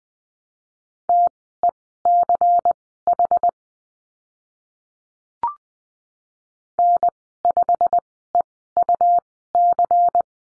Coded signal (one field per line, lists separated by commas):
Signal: Morse code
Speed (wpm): 20 wpm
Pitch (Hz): 700 Hz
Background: none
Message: TECH N5EUC